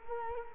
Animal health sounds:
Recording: mosquito wingbeat signal from an infrared sensor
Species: Culex quinquefasciatus

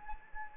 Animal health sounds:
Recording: mosquito wingbeat signal from an infrared sensor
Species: Anopheles gambiae

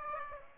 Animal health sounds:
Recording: mosquito wingbeat signal from an infrared sensor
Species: Aedes aegypti

